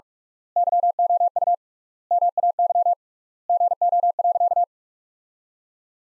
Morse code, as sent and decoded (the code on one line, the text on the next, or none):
-.-- --- ..- / -- .- -.-- / --. --- .-.-.-
YOU MAY GO.